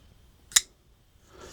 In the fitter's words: And it's got that satisfying click uh when it sets.